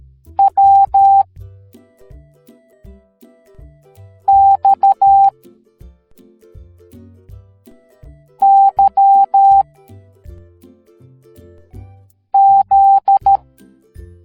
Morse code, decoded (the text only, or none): W X Y Z